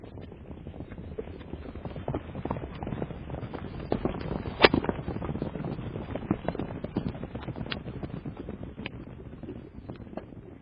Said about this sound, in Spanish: escuché a lo lejos un canto gitano entonado por voces alegres que se acercaban, y a través del canto el sonido de las pesadas ruedas y los restallantes látigos.